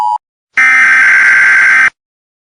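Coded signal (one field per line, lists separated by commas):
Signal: Emergency Alert System (SAME) tones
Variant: header bursts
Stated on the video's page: Fictional EAS scenario, simulated alert.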